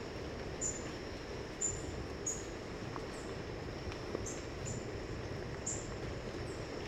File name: White browed foliage gleaner